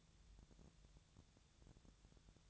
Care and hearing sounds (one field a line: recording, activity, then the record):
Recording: daily activity, microphone in the room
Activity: take from stove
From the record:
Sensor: 3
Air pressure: 999.3 hPa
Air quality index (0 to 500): 196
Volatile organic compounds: 43 ppm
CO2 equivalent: 3197 ppm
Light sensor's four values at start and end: 7/17/7/7 and 7/17/7/7